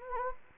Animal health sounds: mosquito wingbeat signal from an infrared sensor; Anopheles gambiae

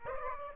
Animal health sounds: mosquito wingbeat signal from an infrared sensor; Aedes aegypti

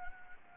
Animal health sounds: mosquito wingbeat signal from an infrared sensor; Anopheles gambiae

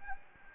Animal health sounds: mosquito wingbeat signal from an infrared sensor; Anopheles gambiae

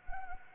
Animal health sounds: mosquito wingbeat signal from an infrared sensor; Anopheles gambiae

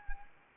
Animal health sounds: mosquito wingbeat signal from an infrared sensor; Anopheles arabiensis

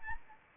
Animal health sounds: mosquito wingbeat signal from an infrared sensor; Anopheles arabiensis

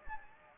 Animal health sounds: mosquito wingbeat signal from an infrared sensor; Anopheles gambiae

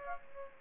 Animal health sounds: mosquito wingbeat signal from an infrared sensor; Aedes aegypti

